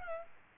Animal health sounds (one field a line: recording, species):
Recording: mosquito wingbeat signal from an infrared sensor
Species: Aedes albopictus